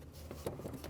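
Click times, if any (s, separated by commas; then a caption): none. A wiring harness electrical connector is handled at the fuel pump module on top of the fuel tank of a 2012-2016 Subaru Impreza during a fuel pump replacement, with its locking tab facing the passenger side. Only faint handling rustles and a few soft taps are heard over a low hum. The connector has not seated or clicked in yet.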